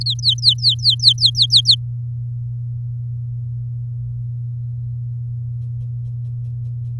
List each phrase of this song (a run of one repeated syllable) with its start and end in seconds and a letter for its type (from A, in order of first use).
0.01-1.75 A